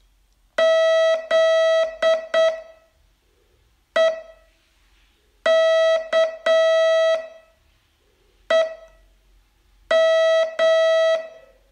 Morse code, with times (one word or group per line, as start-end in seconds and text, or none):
0.6-2.5 Z
4.0-4.1 E
5.5-7.2 K
8.5-8.7 E
9.9-11.2 M